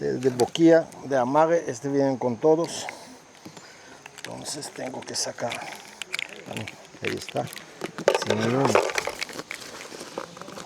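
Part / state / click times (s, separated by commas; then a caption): quick-release pump nozzle into inflatable tent valve / seated / 9.5 s. A quick-release pump nozzle is taken out and pushed onto the inflation valve of an inflatable tent or mattress before the pump is started, while someone talks. Faint handling sounds follow, and the nozzle clicks into the valve at 9.5 s, confirming it has seated.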